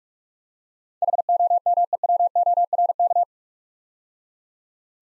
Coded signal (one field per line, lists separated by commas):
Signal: Morse code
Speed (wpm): 42 wpm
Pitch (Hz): 700 Hz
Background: none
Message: HOMEWORK